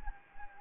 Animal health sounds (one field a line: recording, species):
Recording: mosquito wingbeat signal from an infrared sensor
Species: Anopheles gambiae